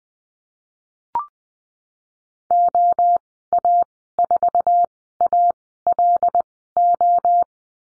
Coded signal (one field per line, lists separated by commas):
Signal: Morse code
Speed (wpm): 20 wpm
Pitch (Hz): 700 Hz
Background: none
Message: OA4ALO